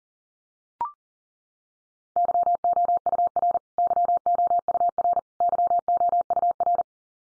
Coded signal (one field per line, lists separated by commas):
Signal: Morse code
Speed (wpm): 40 wpm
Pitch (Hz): 700 Hz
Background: none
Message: YOUR YOUR YOUR